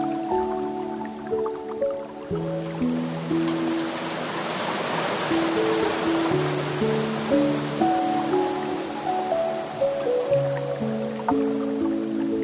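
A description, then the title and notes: Soft piano plays slow, sustained notes in the low and middle range, chords changing every second or two throughout. Beneath it a gentle water stream murmurs steadily, with small drips and trickles, swelling slightly in the middle before the piano becomes clearer again. Relaxing Piano and Water Sounds. Immerse yourself in the ethereal fusion of Relaxing Piano Music and the gentle murmur of a Japanese Water Stream.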